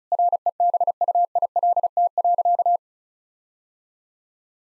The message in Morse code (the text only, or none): REBUILT.